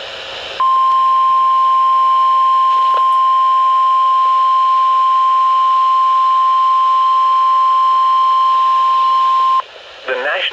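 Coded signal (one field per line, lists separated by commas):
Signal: Emergency Alert System (SAME) tones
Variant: 1050 Hz attention tone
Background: speech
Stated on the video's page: Real EAS alerts received during spring showers and storms.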